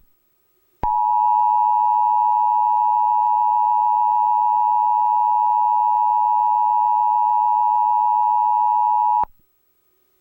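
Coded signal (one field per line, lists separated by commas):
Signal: Emergency Alert System (SAME) tones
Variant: 853 and 960 Hz attention tone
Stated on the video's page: Recreation of the national EAS test, a mock alert screen.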